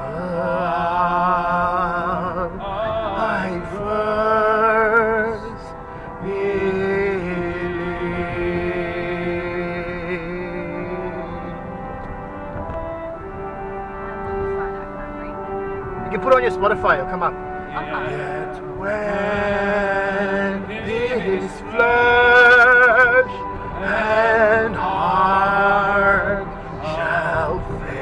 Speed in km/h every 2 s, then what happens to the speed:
57, 61, 61, 63, 65, 66, 69, 69, 69, 69, 70, 72, 74, 74.
0-12 speeds up to 69. 12-28 steady at about 69.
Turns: none.